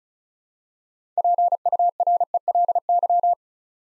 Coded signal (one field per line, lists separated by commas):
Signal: Morse code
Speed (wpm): 36 wpm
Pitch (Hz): 700 Hz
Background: none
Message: PURELY